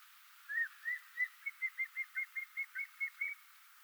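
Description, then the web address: Common black hawk, a run of about a dozen clear whistled notes over background hiss. Call, southeastern Arizona. "COBH-call common-black-hawk-in-se-az"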